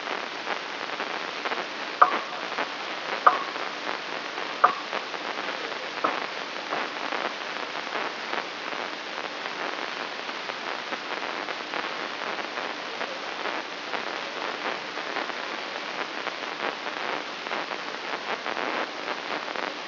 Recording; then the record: brain microelectrode recording played as sound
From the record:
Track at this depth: outside the subthalamic nucleus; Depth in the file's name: 7.46 mm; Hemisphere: left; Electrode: 3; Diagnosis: Parkinson's disease